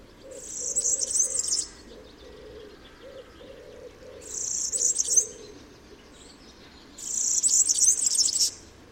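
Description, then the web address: European serin singing rapid, glassy, buzzing trills in three bursts of one to two seconds. "chant didier collin serin cini"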